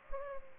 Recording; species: mosquito wingbeat signal from an infrared sensor; Culex pipiens